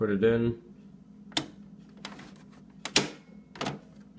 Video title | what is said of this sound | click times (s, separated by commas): How To Change Ink Cartridges On HP DESKJET 2540 | push till it clicks then you're good to go | 3.0 s